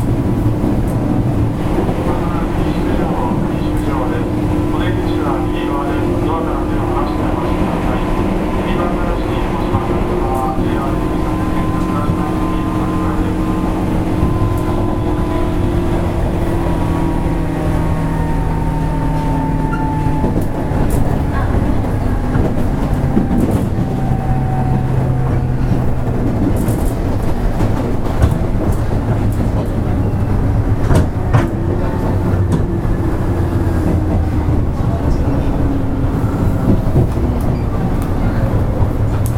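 A JR 103 series train runs on the Osaka Loop Line with a steady rumble, and motor whine glides slowly downward and back up.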